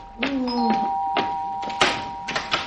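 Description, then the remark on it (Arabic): A door is opened for a visitor with a series of knocking thunks and rattles, starting with a brief tonal chime, while a steady faint hum runs underneath. “طب قومي يا ستي، قومي شوفي الباب. حاضر، هروح افتح يا مغلباني.”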